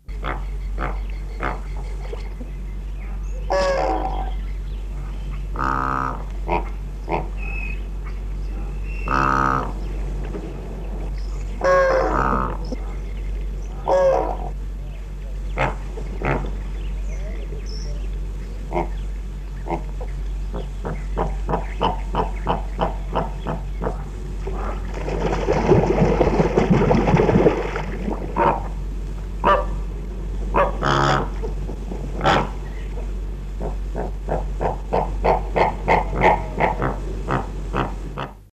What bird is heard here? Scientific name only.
Phoenicopterus roseus